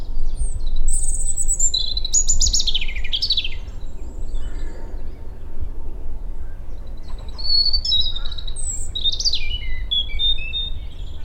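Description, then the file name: European robin song: two bursts of high, tinkling warbles and thin descending whistles separated by a short pause, with constant low background rumble. "Erithacus rubecula"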